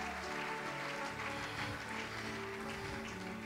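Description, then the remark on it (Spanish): A church audience applauding in praise of God: dense, steady clapping that fills the whole moment without a break, with some low sustained tones humming faintly underneath. “Dale un aplauso al Señor y dale gloria, porque Cristo vive y reina para siempre.”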